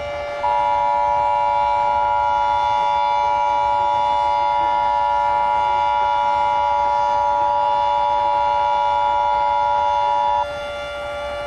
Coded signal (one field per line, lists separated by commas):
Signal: Emergency Alert System (SAME) tones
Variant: 853 and 960 Hz attention tone